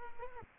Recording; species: mosquito wingbeat signal from an infrared sensor; Aedes aegypti